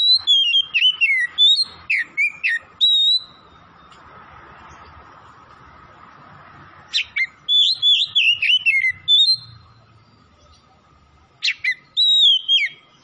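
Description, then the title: Oriental magpie-robin pouring out three loud phrases of fast varied whistles and sharp chirps, each separated by a few seconds of quiet hiss. Oriental magpie-robin from Tretes, singing vigorously (gacor). "Kacer Tretes"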